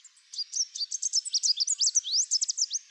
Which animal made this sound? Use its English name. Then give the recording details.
Chestnut-capped Warbler. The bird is a male. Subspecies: delattrii. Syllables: 21. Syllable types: 16. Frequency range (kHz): 3.0-9.1 kHz. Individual CR-RWS-M